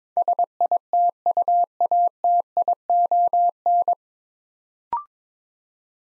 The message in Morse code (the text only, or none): SITUATION